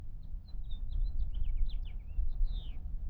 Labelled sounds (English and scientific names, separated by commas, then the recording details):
House Finch (Haemorhous mexicanus) song
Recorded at Lawrence on Long Island, New York, on 4 June 1975
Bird E